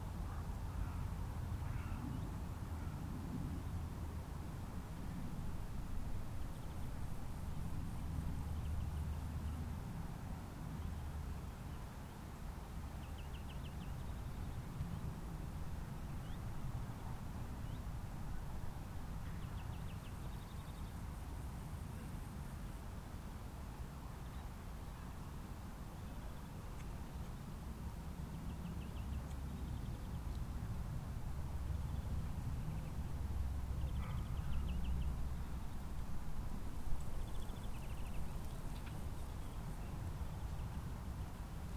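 Open moorland on a gentle breeze, with a steady low wind rumble filling the whole clip at an even level. Faint chirps and small rustles surface now and then above it, slightly busier toward the end.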